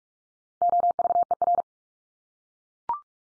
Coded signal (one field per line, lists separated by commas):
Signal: Morse code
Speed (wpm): 44 wpm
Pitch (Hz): 700 Hz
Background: none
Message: OVER